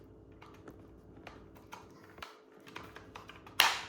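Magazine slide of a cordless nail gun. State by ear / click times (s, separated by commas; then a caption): seated / 3.6 s. A cordless nail gun's magazine slide is pushed back over freshly loaded nails, with a few faint ticks and taps of handling before it latches. It snaps shut with a sharp, loud click at 3.6 s, and the magazine is seated and ready to go.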